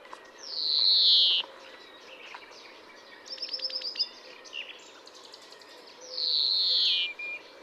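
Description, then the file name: European greenfinch giving long nasal wheezes, two drawn-out descending 'dzweee' notes separated by short twittering trills, over steady background noise. "Chloris chloris"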